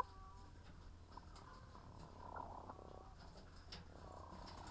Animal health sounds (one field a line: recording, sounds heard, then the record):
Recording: poultry house recording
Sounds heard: sick chickens (respiratory disease)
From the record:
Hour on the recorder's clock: 15